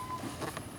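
A plastic cabin air filter access cover on a 2014-2018 GMC Sierra 1500 with the 4.3L V6 is pushed onto the HVAC housing so its clips on both sides engage the clip openings. Over a steady background hum, a short, sharp snap is heard at 0.6 s. The cover is seated, clipped firmly in place.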